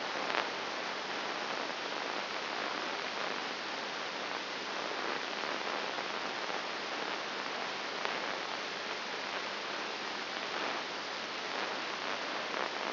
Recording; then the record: brain microelectrode recording played as sound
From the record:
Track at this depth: inside the subthalamic nucleus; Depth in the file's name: 2.701 mm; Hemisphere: right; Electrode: 3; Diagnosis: Parkinson's disease